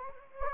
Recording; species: mosquito wingbeat signal from an infrared sensor; Anopheles gambiae